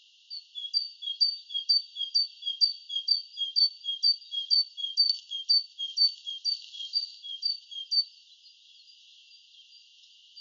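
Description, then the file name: Great tit song of rapid alternating high and lower whistled notes, repeated briskly for about eight seconds, then falling quiet. "Parus major"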